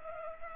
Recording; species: mosquito wingbeat signal from an infrared sensor; Culex pipiens